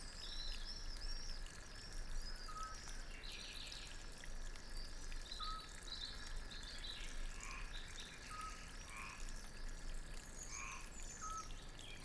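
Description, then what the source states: A frog croaking in a few short rounded bursts over steady splashing water, with brief high bird chirps. Recorded at a country fountain, with birds calling too.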